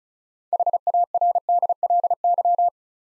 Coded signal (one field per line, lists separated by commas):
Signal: Morse code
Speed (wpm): 36 wpm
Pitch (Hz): 700 Hz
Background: none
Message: HARDLY